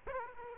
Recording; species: mosquito wingbeat signal from an infrared sensor; Aedes aegypti